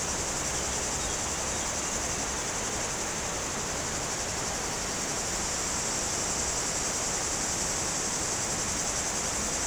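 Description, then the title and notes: Cicadas singing in a steady, continuous high buzz over a broad rush of flowing river water. Cicadas very active in trees near a river on mountain slopes above Culoz, France, on a hot day. "Sur les pentes du Grand Colombier au dessus de Culoz , par cette chaude journée les cigales sont très actives dans les arbres près du Jourdan."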